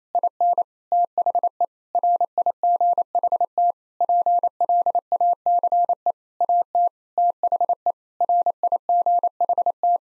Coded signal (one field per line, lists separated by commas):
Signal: Morse code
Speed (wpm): 28 wpm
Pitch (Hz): 700 Hz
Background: none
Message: IN THE RIGHT PLACE AT THE RIGHT